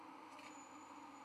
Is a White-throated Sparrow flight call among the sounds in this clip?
no